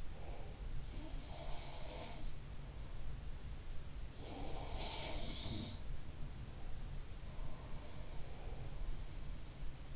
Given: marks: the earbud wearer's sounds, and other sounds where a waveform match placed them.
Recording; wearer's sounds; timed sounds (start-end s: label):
sounds in sleep by an in-ear microphone; breath
0.00-0.80 s: breath
1.23-2.27 s: sound from someone else or the room
4.03-6.04 s: sound from someone else or the room
7.16-8.94 s: sound from someone else or the room